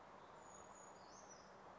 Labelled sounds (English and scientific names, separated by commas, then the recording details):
Brown Creeper (Certhia americana)
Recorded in Sonoma County, California